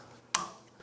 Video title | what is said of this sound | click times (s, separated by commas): Honda TRX400EX Suspension Rebuild - Honda ATV Suspension Overhaul - TRX400 Restoration - Partzilla | Satisfying little click. | 0.4 s